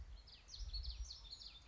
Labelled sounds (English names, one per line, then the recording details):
Common Yellowthroat
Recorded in Sonoma County, California